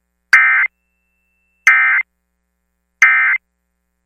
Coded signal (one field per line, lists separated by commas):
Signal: Emergency Alert System (SAME) tones